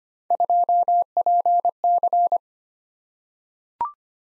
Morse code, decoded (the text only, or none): 2PC